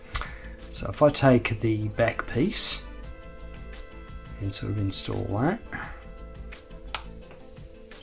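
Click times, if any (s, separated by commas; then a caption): 7.0 s. A plastic back piece is fitted onto the body of an Arii 1/170 Macross Valkyrie VF-1S model kit figure, which has two magnets and a peg, while someone talks. A sharp click at 6.9 s is heard as the back piece locks into place.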